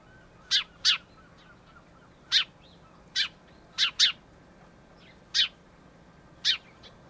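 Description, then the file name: House sparrow chirps, loud clipped notes, some doubled, spaced unevenly over a quiet background. "Passer domesticus"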